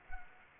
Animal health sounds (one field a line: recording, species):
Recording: mosquito wingbeat signal from an infrared sensor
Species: Anopheles arabiensis